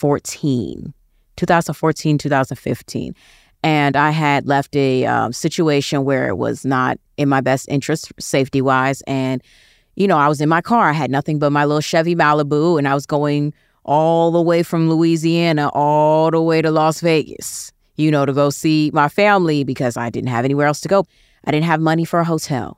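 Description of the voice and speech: An adult woman speaks in an easy, conversational monologue, with steady moderate pitch, clear voicing and short natural pauses between phrases. Words are well articulated, with no blocks, repetitions, slurring or hoarseness. This is ordinary fluent speech in a quiet room.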